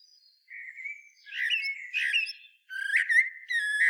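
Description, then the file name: Common blackbird with a thin whistled note, then a steady squeaky phrase and scratchy warbling bursts, finishing with rapid high clicks and squeaks. "Turdus merula"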